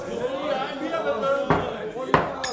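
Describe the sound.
Two sharp wooden knocks as a judge strikes his hammer on a bar counter serving as the court's table, cutting through a steady murmur of voices, followed by a lighter tap right after.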